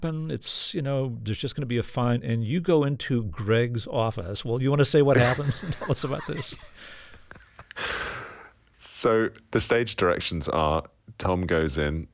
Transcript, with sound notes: It's - you know, there's just going to be a fine. And you go into Greg's office - well, you want to say what happened and tell us about this?
(Laughter) So the stage directions are Tom goes in